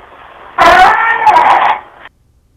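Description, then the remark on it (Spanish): A single loud, distorted, scream-like voice saying one word, recorded in an ordinary house with no sound source nearby, bursts out for about a second and a half, harsh and saturated with strained high pitch, then cuts off abruptly into quiet hiss. “Muy fuerte, como un grito.”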